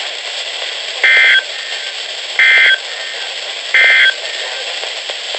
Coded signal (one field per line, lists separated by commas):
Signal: Emergency Alert System (SAME) tones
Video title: August 2017 EAS Compilation (EAS #581-623)